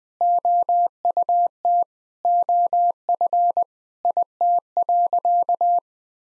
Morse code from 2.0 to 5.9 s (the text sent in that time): OF IT.